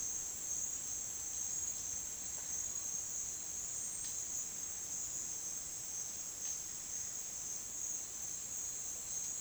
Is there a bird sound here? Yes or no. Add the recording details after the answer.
no. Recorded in dense forest near Puerto Asís, Putumayo, Colombia, on 22 June 2025 at 10:30. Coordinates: 0.466, -76.327. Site GP04